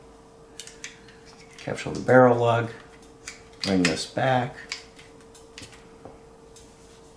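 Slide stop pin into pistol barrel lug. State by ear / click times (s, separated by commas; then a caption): not seated / none. While putting the slide back on the frame of a BUL Armory SAS II AIR competition pistol, the slide stop pin is pushed in to capture the barrel lug, 1911-style, with short metallic taps and clicks of handling at about 0.6, 0.8, 3.3 and 5.6 seconds while someone talks. The pin misses the barrel lug, so nothing has seated or clicked into place yet, and it will be pulled out to fix it.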